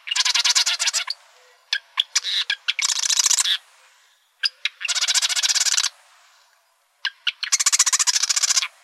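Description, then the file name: Marsh wren producing repeated harsh rattles about a second long, separated by clusters of sharp clicking notes, in a quiet background. Recorded in Arizona on 4 July 2003. "MAWR 3 deviche"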